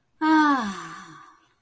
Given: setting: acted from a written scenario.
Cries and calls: vocal sound without words; ecstasy

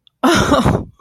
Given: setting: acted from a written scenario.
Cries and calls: vocal sound without words; elation

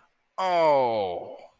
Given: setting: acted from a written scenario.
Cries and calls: vocal sound without words; sympathy

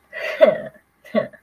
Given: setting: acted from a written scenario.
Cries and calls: vocal sound without words; contempt

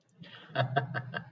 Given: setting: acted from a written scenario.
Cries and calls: vocal sound without words; elation

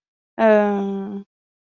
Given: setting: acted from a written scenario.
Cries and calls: vocal sound without words; confusion

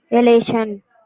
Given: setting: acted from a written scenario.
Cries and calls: vocal sound without words; elation

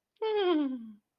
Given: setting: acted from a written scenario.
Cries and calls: vocal sound without words; contentment

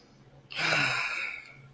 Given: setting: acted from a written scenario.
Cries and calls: vocal sound without words; contentment

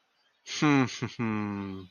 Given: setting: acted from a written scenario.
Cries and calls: vocal sound without words; serenity

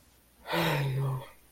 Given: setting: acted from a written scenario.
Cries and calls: vocal sound without words; guilt

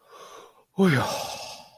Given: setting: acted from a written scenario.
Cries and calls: vocal sound without words; relief

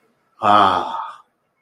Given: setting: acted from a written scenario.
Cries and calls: vocal sound without words; contentment

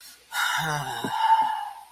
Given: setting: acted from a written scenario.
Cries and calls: vocal sound without words; confusion

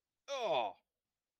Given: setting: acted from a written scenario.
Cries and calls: vocal sound without words; pain

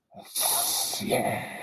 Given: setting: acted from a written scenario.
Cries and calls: vocal sound without words; triumph

